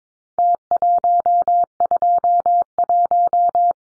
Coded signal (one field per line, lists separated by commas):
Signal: Morse code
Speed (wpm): 22 wpm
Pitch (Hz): 700 Hz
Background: none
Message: T121